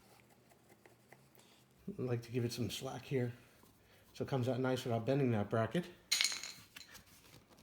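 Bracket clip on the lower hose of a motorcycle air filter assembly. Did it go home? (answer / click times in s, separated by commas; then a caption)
released / 6.1 s. While the air filter and hose assembly is being removed from the carburetor area of a Yamaha Star 650 motorcycle, a bracket clip on the bottom of the lower hose is worked free. Someone talks over faint handling noises, then a sharp metallic clink at 6.1 seconds marks the clip popping out and releasing.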